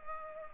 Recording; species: mosquito wingbeat signal from an infrared sensor; Culex pipiens